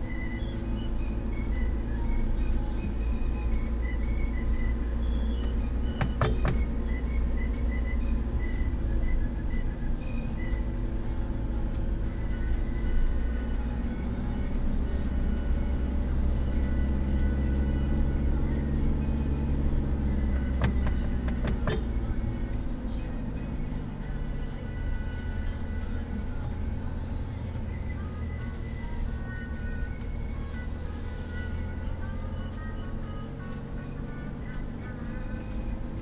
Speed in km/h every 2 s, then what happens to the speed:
14, 14, 16, 15, 15, 15, 17, 19, 20, 20, 16, 12, 10, 11, 12, 13, 15, 14.
0-19 steady at about 15. 19-24 slows to 10. 24-36 steady at about 12.